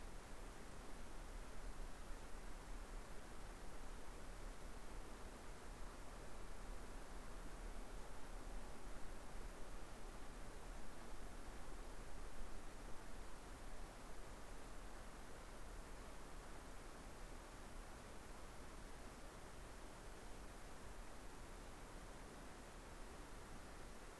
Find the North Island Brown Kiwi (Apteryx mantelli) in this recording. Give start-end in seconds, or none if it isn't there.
none